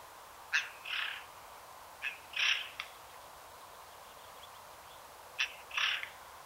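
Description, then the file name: Eurasian Jay calls: three rounds of a crisp click and a brief raspy note, separated by pauses. "Garrulus glandarius"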